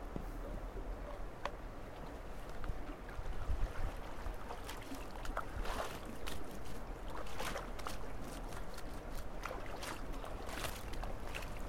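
Carrots are washed in spring water, a steady churning splash with frequent brief bright scrapes and knocks, plus a low constant rumble underneath.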